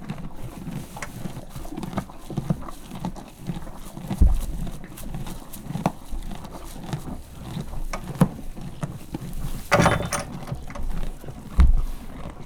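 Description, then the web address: Horse chewing rhythmically, with a few heavy hoof stamps and a loud rattling knock near the ten-second mark, against farmyard background noise. Farmyard; horse eating corn and stamping its hoof. "lo kukoricatesziklabavaldobbant fecske"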